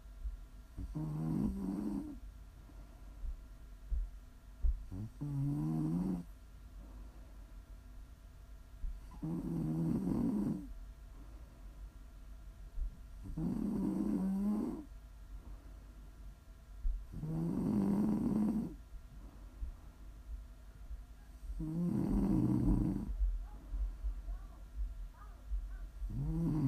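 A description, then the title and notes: Snoring repeats at a steady rhythm, one rumbling, throaty snore roughly every four seconds, about six in all, with quiet breathing between them. The snores are low, each swelling and fading, over a faint constant hum in the background. ASMR snoring.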